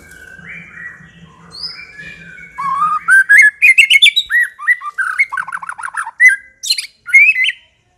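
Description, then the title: White-rumped shama song, opening with soft sustained whistles, then loud rapid chattering notes and sharp upslurred whistles, a faint low hum beneath. Long-duration lure (pikat) used to attract birds. "Pikat Murai Batu Durasi Panjang"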